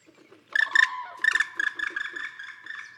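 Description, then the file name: Common Crane flight calls, a series of loud trumpeting notes with strong harmonics in quick succession. "ccrane grus. whbruch"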